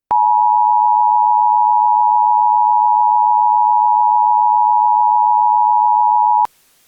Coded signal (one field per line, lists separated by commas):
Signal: Emergency Alert System (SAME) tones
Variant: 853 and 960 Hz attention tone